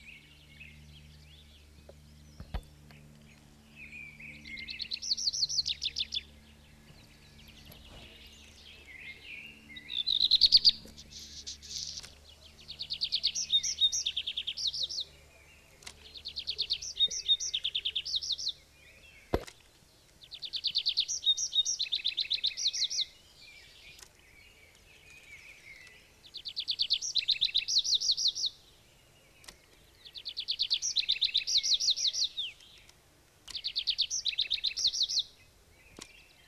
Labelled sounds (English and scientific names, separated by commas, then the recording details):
Tree Pipit (Anthus trivialis) song
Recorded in the wild
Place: Montreux, Kanton Waadt, CH
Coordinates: 46.4586, 6.94
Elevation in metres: 1158
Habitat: mountains
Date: 1986-05-22
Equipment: Uher 4000 Report, Sennheiser MKH 815 T
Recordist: Tretzel, Erwin